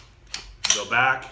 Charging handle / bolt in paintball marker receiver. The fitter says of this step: in the locked position ready to fire so you heard that click